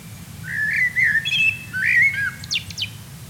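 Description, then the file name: Common blackbird song: two mellow warbled whistle phrases, then a quick series of thin, high-pitched scratchy notes closing the phrase. "Turdus merula"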